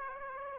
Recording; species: mosquito wingbeat signal from an infrared sensor; Aedes aegypti